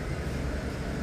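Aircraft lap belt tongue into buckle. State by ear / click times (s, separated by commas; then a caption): not seated / none. The metal tongue of an aircraft lap belt is handled toward its buckle during an in-flight safety briefing, over a steady low, broadband rumble. Nothing has seated or clicked yet.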